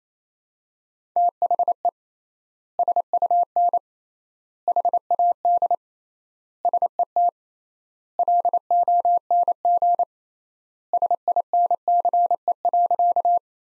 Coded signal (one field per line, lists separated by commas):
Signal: Morse code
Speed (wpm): 27 wpm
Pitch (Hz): 700 Hz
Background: none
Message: THE SUN HAD SET LONG SINCE.